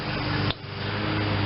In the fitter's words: satisfying snap. Alright.